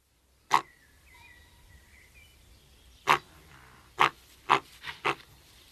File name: túzok